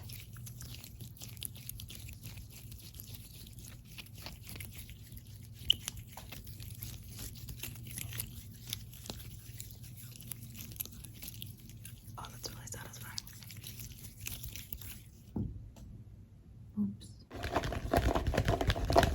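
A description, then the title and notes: Fast squishy and crinkly triggers crackle in quick, dense taps over a steady low hum for most of the clip. Around fifteen seconds it briefly thins out, then after seventeen seconds a louder, brighter burst of crinkling takes over to the end. ASMR Fast Paced Squishy + Crinkly Triggers.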